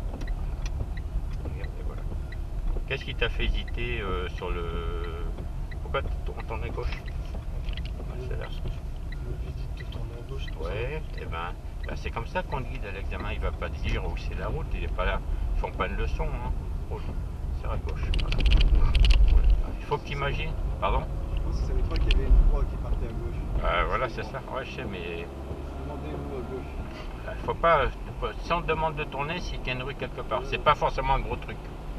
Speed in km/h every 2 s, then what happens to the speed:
18, 17, 17, 16, 15, 15, 20, 22, 21, 25, 30, 33, 37, 37, 40, 41.
0-17 steady at about 17. 17-24 speeds up to 37. 24-32 steady at about 37.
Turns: 4-11.